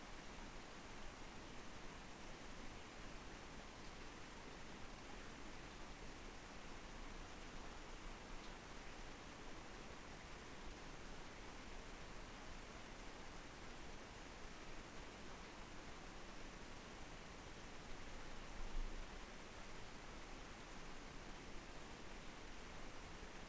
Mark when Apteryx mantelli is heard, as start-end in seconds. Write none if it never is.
none